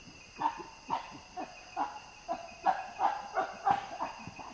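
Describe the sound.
Common chimpanzee panting grunts, hoarse voiced pulses roughly three per second, slightly louder toward the end, with faint insect drone.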